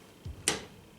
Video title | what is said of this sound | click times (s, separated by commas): LA-Z-BOY ROCKER & RECLINER REVIEW - La-Z-Boy Recliner Review - La-Z-Boy Rocker Review | Click number 2, 2/3 of the way up. | 0.5 s